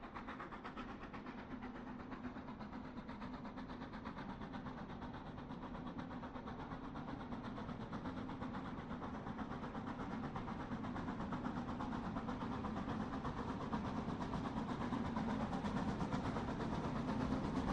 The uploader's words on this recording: Train Passby: Train Chugging Sounds. A distant train chugs by over and over on a quiet evening. No train horn or whistle.